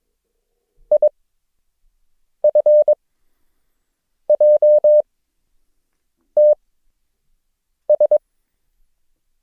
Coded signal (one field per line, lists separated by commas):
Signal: Morse code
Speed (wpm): 22 wpm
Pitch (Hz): 600 Hz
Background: none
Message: IFJTS